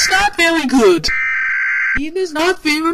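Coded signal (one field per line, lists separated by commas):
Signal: Emergency Alert System (SAME) tones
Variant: header bursts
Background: speech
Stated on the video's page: Fictional remake, not a real EAS broadcast.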